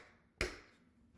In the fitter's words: Just snap right in.